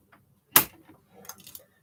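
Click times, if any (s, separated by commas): 0.6 s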